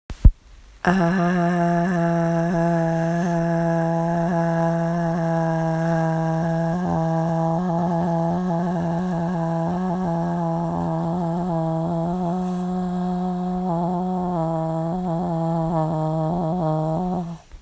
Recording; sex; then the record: sustained vowel /a/; female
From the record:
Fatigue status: fatigue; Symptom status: symptomatic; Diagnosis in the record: COVID-19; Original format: m4a